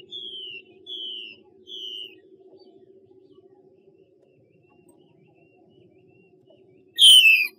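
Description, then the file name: Chinese hwamei song: three soft, falling whistles, a quiet stretch with low hum, then one sudden loud sliding note. Female bird giving 'xuy' calls. "Tieng chim hoa mi mai xuy"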